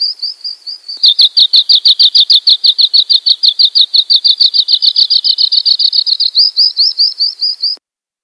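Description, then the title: Oriental magpie-robin song: a quick, evenly repeated chip series held at one pitch, turning to slightly sweeping notes near the end before stopping abruptly into silence. "Kicau Kacer"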